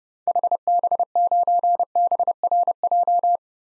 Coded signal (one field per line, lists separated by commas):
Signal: Morse code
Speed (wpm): 31 wpm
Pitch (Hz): 700 Hz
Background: none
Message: HB9BRJ